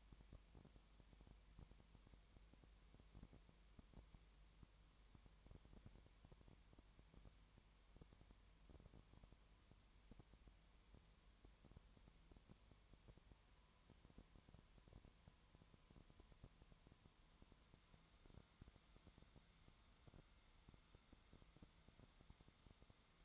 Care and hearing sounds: daily activity, microphone in the room; no activity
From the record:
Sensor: 3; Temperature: 20.5 degrees Celsius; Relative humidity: 32.8%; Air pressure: 1003.2 hPa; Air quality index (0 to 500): 105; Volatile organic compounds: 2 ppm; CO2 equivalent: 1069 ppm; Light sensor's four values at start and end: 2/3/2/2 and 2/3/2/2

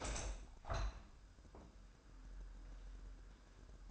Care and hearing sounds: daily activity, microphone in the room; open window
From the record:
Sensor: 2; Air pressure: 998.0 hPa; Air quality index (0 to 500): 149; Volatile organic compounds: 4 ppm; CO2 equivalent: 1682 ppm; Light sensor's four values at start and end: 9/29/11/11 and 10/29/11/11

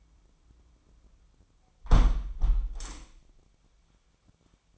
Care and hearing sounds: daily activity, microphone in the room; close window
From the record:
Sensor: 1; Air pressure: 1006.5 hPa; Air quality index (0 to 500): 207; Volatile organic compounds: 23 ppm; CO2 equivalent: 2787 ppm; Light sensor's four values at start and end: 12/32/12/14 and 12/30/12/13

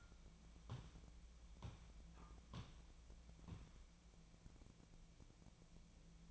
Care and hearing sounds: daily activity, microphone in the room; walk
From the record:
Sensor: 1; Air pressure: 1012.2 hPa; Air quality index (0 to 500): 179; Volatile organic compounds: 3 ppm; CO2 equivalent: 1470 ppm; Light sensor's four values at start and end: 44/120/49/60 and 48/129/53/66

